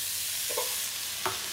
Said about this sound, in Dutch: Terwijl ze in de pan roert